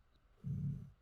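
A single deep, loud, rumbling snore lasting about half a second from Rufio, a pet who is fast asleep, over faint room noise.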